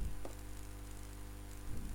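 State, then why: Not seated. While reassembling a metal airbrush after cleaning, one part is held while an airbrush component is tightened into the airbrush body by hand. Faint handling taps are heard near 0.3 s and 2.0 s over a steady low hum. Nothing has seated or clicked yet.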